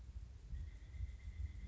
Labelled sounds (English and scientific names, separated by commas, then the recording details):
Pileated Woodpecker (Dryocopus pileatus)
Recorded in Sonoma County, California